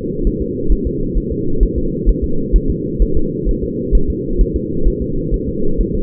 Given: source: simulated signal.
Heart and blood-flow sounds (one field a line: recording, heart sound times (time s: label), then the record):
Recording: fetal heart sounds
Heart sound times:
0.27 s: S1
0.42 s: S2
0.72 s: S1
0.87 s: S2
1.18 s: S1
1.32 s: S2
1.63 s: S1
1.78 s: S2
2.09 s: S1
2.24 s: S2
2.56 s: S1
2.70 s: S2
3.02 s: S1
3.17 s: S2
3.49 s: S1
3.63 s: S2
3.95 s: S1
4.10 s: S2
4.41 s: S1
4.56 s: S2
4.88 s: S1
5.02 s: S2
5.34 s: S1
5.49 s: S2
5.81 s: S1
5.95 s: S2
From the record:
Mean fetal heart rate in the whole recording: 130 bpm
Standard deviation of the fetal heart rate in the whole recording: 2 bpm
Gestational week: 36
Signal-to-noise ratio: -8.1 dB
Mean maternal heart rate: 72 bpm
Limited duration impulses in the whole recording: absent